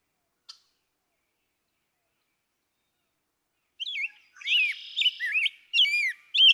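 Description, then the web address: Rose-breasted Grosbeak: a single faint chip, then a few seconds of quiet, then a burst of mellow rising and falling whistled song. "birdsongforthecurious songs Rose-breasted Grosbeak"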